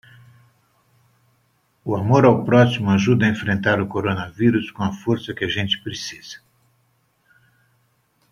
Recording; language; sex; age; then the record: spoken sentence; Brazilian Portuguese; male; 70 to 79 years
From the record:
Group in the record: control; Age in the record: 70 years